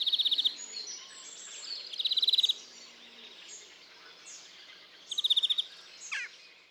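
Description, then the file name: European greenfinch giving three short, high, rattling trills spaced a couple of seconds apart over faint twittering and background hiss. "Chloris chloris"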